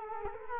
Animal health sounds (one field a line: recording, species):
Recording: mosquito wingbeat signal from an infrared sensor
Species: Culex quinquefasciatus